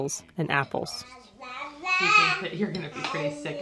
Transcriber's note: soundbite of infant